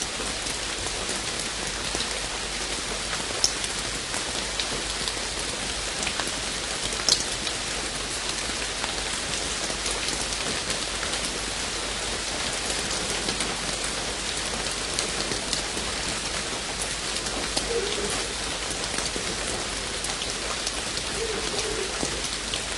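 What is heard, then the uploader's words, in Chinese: Heavy rain falls steadily and densely throughout, a bright constant hiss with scattered drop taps and a couple of sharper spatters. 大自然的声音_大雨。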